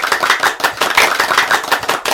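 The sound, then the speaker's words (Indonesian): A group of children clapping for everyone during a game, a steady patter of many overlapping hand claps that keeps going without letup, fairly loud, with no voices over it. “Ayo, kita beri tepuk tangan untuk kita semua.”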